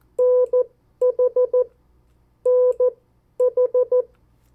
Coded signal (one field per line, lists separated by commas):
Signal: Morse code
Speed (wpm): 14 wpm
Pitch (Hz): 500 Hz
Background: none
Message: NH NH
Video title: 50 State Abbreviations, Variable speeds, in CW Video #5